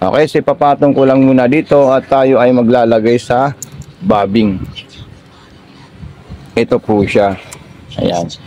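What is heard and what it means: Someone talks while lining up a bobbin to go into the bobbin holder of a red edition Toyota sewing machine, handling it quietly with no hits in the pause around 4.5 to 6.5 seconds. Nothing has clicked into place yet.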